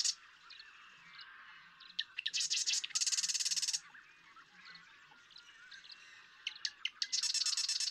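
Marsh Wren song: several quick stuttering rattles and a loud dense buzzy trill, followed by sparse clicks and another rattling phrase at the end.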